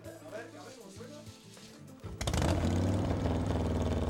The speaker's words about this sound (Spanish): Ahí suena la moto, ¿eh? Con la Harley suena bien.